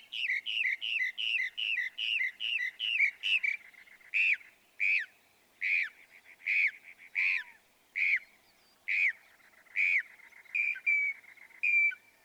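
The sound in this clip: Northern mockingbird song of quick repeated chirps giving way to slower, evenly spaced sharp notes.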